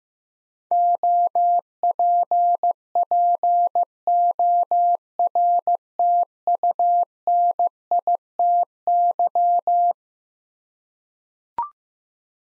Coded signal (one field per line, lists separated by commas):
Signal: Morse code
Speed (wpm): 16 wpm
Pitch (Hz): 700 Hz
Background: none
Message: OPPORTUNITY